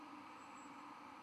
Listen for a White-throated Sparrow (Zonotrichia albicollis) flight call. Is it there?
no